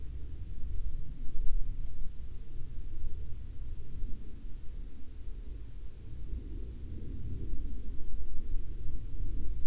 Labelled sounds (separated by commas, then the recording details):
aircraft
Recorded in the Arctic National Wildlife Refuge, Alaska, on 31 July 2019 at 15:53
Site 40